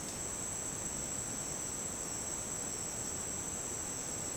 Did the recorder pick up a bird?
no